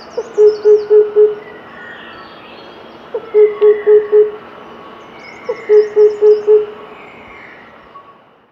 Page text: Oriental Cuckoo Song. Quick Sounds library